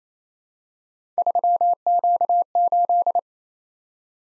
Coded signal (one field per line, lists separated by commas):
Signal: Morse code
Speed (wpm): 29 wpm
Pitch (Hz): 700 Hz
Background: none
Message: 3Q8